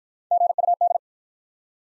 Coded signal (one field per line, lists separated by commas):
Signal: Morse code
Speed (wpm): 47 wpm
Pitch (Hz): 700 Hz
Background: none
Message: GUD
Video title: Top 20 QSO Elements - Speed-Racing - 35wpm